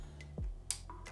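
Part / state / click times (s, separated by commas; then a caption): solar panel cable connector into mating connector / seated / 0.7 s. The last positive-to-negative solar panel cable connector, a plastic housing with latch clips, is pushed one-handed into its mating connector. A single sharp click at 0.7 s stands out over a low steady hum, with a few fainter ticks around it. The connector is seated.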